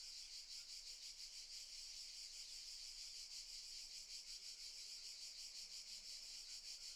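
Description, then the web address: Cicadas buzz in a high, hissing drone with gentle rhythmic pulsing. Cicadas stridulating very loudly in summer fields, by day in the morning. "Sculp Tunes - Summer in the field - Crickets and Cicadas - Summer in the fields - DAY Morning - the cicadas stridulate very loudly"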